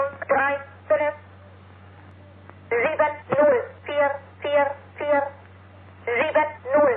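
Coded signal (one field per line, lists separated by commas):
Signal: numbers station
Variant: G03, German voice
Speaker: G03 number transmitter Recorded in 1989 by Peter H. Danger! 88570 - Separation! 23 76109 - Separation! 35 88570 = agent number 23 = number of number groups transmitted later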